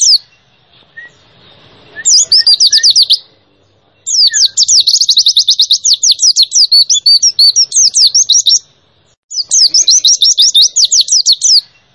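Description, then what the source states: White-eye song in rapid bursts of high, sweeping chirped notes, delivered in several energetic phrases separated by short pauses. Lively singing (gacor).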